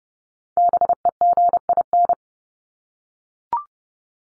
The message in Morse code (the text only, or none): BEGIN